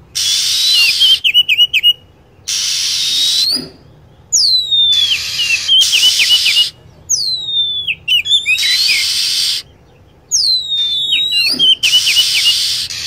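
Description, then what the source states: Lovebird calls: high downward-sweeping whistles with short stuttering trills, alternating regularly with loud hissing bursts. Lure sound used to attract lovebirds.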